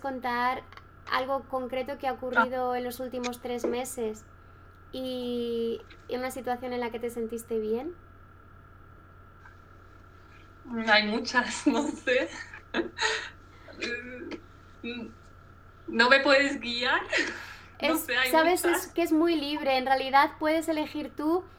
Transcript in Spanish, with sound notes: Contar algo concreto que ha ocurrido en los últimos tres meses y una situación en la que te sentiste bien.
No hay muchas, no sé. (RISAS) ¿No me puedes guiar?
Sabes que es muy libre en realidad puedes elegir tú.